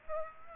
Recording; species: mosquito wingbeat signal from an infrared sensor; Aedes aegypti